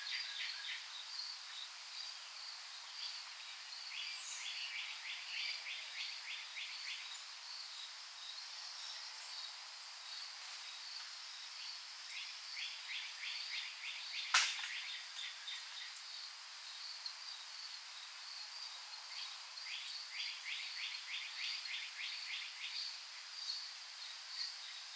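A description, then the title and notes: Dawn chorus in Wolfville, Nova Scotia: repeated quick trilled bird phrases over a steady high hiss, with one sharp click near fifteen seconds. A field recording of the dawn chorus in Wolfville, Nova Scotia, Canada.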